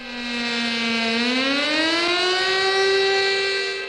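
An air raid siren sounds across the memorial ceremony site and all of Nanjing during the national memorial ceremony, as cars stop and sound their horns, wailing steadily, its tone holding low then gliding upward into a sustained, rising pitch. Loud and continuous throughout, with no voices.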